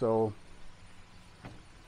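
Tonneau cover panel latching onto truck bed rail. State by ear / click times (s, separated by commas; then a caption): seated / 1.5 s. A folding truck-bed tonneau cover panel is closed and latched down onto the bed rail clamps. Someone talks briefly at the start, then a single moderate snap at 1.4 seconds marks the latch seating shut.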